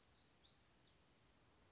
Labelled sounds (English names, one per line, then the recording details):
Black-throated Gray Warbler
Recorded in Sonoma County, California